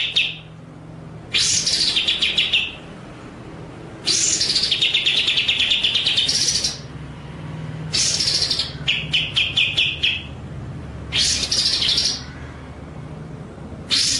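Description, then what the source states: White-rumped shama song of long harsh buzzy phrases mixed with fast rolling note series, with short pauses, over a low background hum. Masteran (training) track with the bird in full rolling, shooting song (ngerol nembak).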